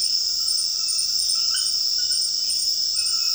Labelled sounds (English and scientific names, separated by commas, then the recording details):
none
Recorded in dense forest near Puerto Asís, Putumayo, Colombia, on 20 February 2024 at 23:00
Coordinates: 0.481, -76.318
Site G6421